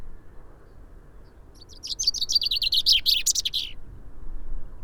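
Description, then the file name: Common chaffinch singing one brisk two-second phrase, a fast run of sliding notes that drops in pitch and finishes with an emphatic flourish, over low background hum. "Fringilla coelebs"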